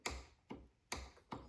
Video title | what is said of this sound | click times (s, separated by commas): CROSSBARS LX600 install | Hear that click? | 0.1 s, 0.9 s